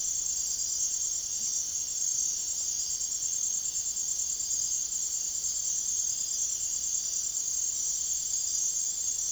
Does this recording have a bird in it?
no